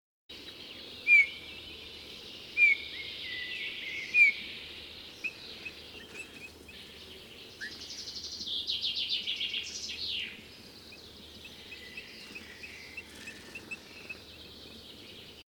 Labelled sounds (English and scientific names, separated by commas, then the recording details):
Eurasian Bullfinch (Pyrrhula pyrrhula) call
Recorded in the wild
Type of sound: call
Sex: male
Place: Glowe, Insel Rügen, Mecklenburg-Vorpommern, DE
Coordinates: 54.574, 13.433
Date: 1975-07-08
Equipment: Nagra III BH, Sennheiser MD 21, parabola
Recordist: Schubert, Michael
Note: Lockrufe und "bit" von Gimpel - Männchen